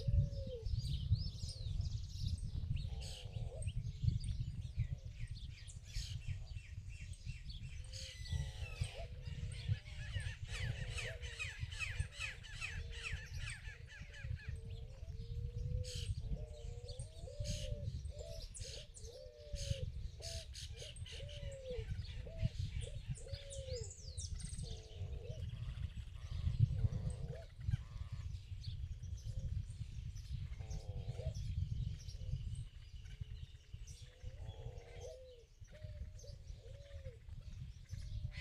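Small birds in the countryside chirp and call throughout, with a busy mix of overlapping bright twitters and short rapid trills, thickest around 8 to 25 seconds. Lower, repeated whistled notes recur steadily, while a constant low rumble sits underneath the whole time.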